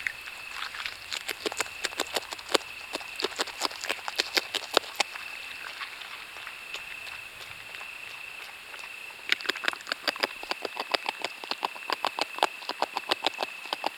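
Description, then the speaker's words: Beaver gnawing: dry, scraping clicks in irregular bursts, pausing midway before resuming. Beaver in the water, quietly gnawing its branches. "on peut surprendre le castor dans l'eau, en train de ronger tranquillement ses branches."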